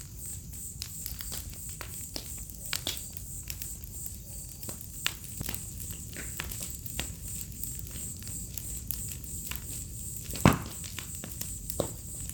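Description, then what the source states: High, continuous cricket chirping with evenly spaced pulses, overlaid by crackling and snapping wood from a fire, one loud pop near the end. A chorus of crickets on an autumn night beside a crackling bonfire, in a village within the Mata Atlântica rainforest.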